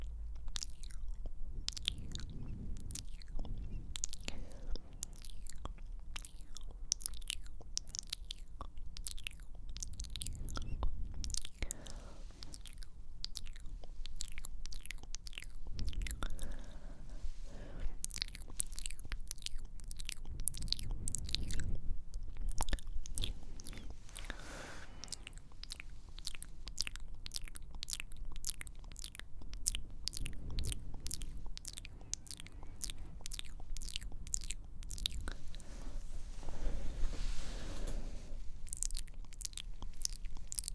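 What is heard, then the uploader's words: Dense mouth sounds fill the recording: rapid wet clicks, tongue taps and soft smacks in quick bursts, with brief breathy pauses and low rumbles. ASMR Ear-To-Ear Mouth Sounds For Tingles ~ (Sk Sk, Tk Tk, Tongue Clicking, Kisses etc).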